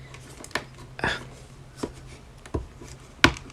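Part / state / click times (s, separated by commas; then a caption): plastic leg parts tabbing together into the figure's block/vehicle form / seated / 3.2 s. The plastic leg parts of a Transformers Legacy United Origin Wheeljack action figure are folded into a block and pressed together during transformation, giving small plastic taps and a brief scrape before a sharp, loud click at 3.2 s. The leg block tabs in and is seated, with the ankles tilted so it can click in.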